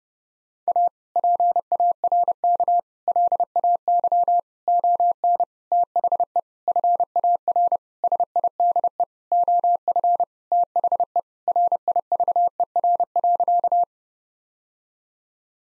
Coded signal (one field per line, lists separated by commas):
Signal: Morse code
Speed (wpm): 30 wpm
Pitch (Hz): 700 Hz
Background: none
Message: A PARK LAY ON THE FAR SIDE OF THE RIVER.